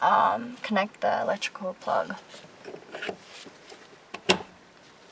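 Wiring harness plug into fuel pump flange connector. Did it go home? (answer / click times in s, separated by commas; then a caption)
yes / 4.3 s. Someone talks, then a wiring harness electrical plug is pushed onto the fuel pump flange connector during replacement of a weak fuel pump on an MK4 VW Beetle. A faint tick is followed by a sharp click at 4.3 s as the plug seats.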